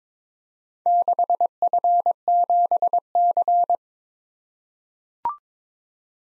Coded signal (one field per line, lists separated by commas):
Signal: Morse code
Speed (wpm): 22 wpm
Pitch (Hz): 700 Hz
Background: none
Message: 6F7C